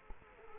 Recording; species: mosquito wingbeat signal from an infrared sensor; Culex quinquefasciatus